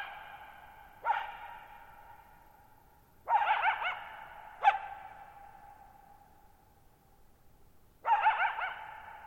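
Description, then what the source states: Coyote barking, four harsh barks with pauses of one to four seconds, each trailing a long reverberant tail. Lone wild coyote at night, July 14, 2019, Thirtymile Meadows, Okanogan National Forest, Pacific Northwest, 1950 m; open shallow-bowl meadow with boggy ground, very quiet, long reverberation.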